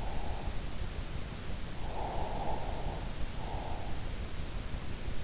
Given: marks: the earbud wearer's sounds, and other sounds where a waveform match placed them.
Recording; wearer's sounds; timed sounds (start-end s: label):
sounds in sleep by an in-ear microphone; breath
0.09-0.57 s: breath
1.99-3.94 s: breath